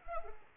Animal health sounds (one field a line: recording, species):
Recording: mosquito wingbeat signal from an infrared sensor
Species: Culex pipiens